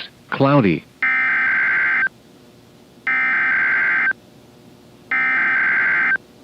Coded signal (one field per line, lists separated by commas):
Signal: Emergency Alert System (SAME) tones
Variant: header bursts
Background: speech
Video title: EAS - CRP Required Weekly Test on WXK26 - 11/02/2022